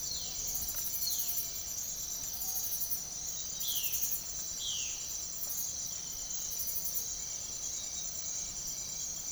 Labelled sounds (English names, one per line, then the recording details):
Violaceous Jay
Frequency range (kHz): Violaceous Jay 2.0-5.1 kHz
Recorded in secondary vegetation near Puerto Asís, Putumayo, Colombia, on 13 March 2025 at 06:00
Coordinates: 0.489, -76.322
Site G042